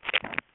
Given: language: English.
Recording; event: throat vibration sensor signal played as sound; swallow